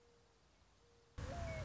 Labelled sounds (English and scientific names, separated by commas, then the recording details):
Mourning Dove (Zenaida macroura)
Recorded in Sonoma County, California